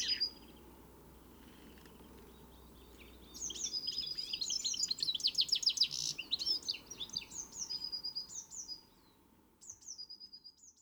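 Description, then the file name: European greenfinch giving quick twittering chirps and rapid trills, starting after a quiet opening, then fading and returning with a few short notes near the end. "Chloris chloris"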